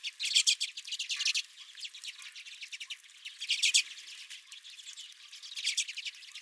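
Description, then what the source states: Redpolls calling, quick twittering chips in dense bursts near the start, at nearly four seconds and again toward the end, with softer chatter between. Redpolls at the recordist's feeder.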